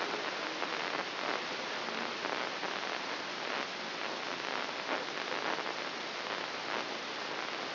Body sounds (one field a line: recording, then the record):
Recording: brain microelectrode recording played as sound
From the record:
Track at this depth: inside the subthalamic nucleus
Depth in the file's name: 5.705 mm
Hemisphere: left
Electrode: 3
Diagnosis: Parkinson's disease